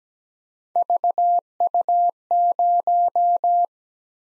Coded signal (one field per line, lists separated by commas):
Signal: Morse code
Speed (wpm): 17 wpm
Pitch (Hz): 700 Hz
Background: none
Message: VU0